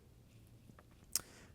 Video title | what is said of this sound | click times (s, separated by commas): Cold4ged Forkanife Travel Set Review (2 Weeks of Use) | All right, and when they open up, there's kind of a click sound. | 1.2 s